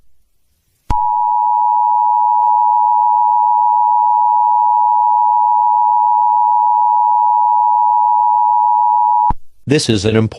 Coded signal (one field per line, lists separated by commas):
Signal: Emergency Alert System (SAME) tones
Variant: 853 and 960 Hz attention tone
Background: speech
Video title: EAS Scenario: Omega Mart Lemons! (Read Description!)